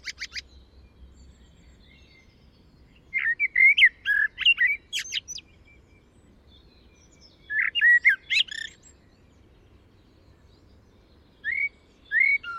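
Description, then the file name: Common blackbird song: short warbled phrases about every four seconds, with chirpy twittering notes and quiet gaps between them. "Turdus merula"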